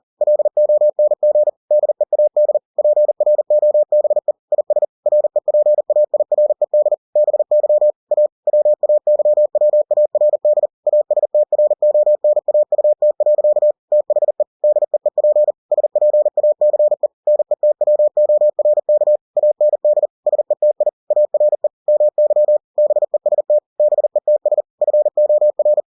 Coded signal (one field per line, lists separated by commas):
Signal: Morse code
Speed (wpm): 40 wpm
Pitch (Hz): 600 Hz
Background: none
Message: LONG DEAD PROBE IS REPAIRED BY A WAYWARD ASTRONAUT. THE DEEP SPACE NETWORK AND SETI ARE MY BEST BETS FOR